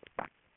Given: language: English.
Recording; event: throat vibration sensor signal played as sound; swallow